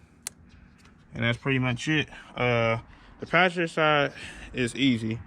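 The plastic locking tab on a coil pack connector is pressed down to lock it during a spark plug and coil pack install on a 6.4 Hemi Scatpack Challenger, giving a single sharp click at 0.3 s. The connector is seated and locked. Someone then talks for the rest of the clip.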